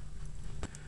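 The leaf-spring lock on a folding multitool's craft blade is pushed down and twisted, releasing the lock so the blade can fold closed. Over a faint steady low hum, two short clicks are heard at 0.6 s and 0.8 s, the first louder and broader, the second quick and bright.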